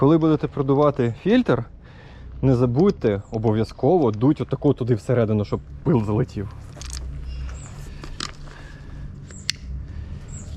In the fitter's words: все фільтр до щелчка ми закрутили тепер